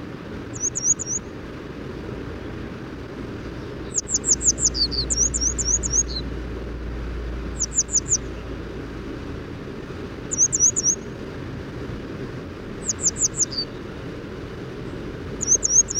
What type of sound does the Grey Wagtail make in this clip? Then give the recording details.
song. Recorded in the wild. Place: Blumenholz, Mecklenburg-Vorpommern, DE. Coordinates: 53.36, 13.073. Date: 1979-04-20 04:45. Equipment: Nagra III BH, Sennheiser MD 21, parabola. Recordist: Schubert, Michael